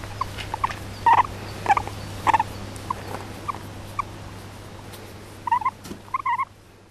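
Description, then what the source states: Flying fox squeals: scattered short, harmonic squeaks in irregular bursts, some doubled, over a steady low hum. Male flying fox in care, squealing with pleasure while his carer scratches his belly.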